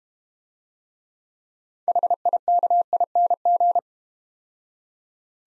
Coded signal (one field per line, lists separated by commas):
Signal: Morse code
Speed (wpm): 32 wpm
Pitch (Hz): 700 Hz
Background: none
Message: HIKING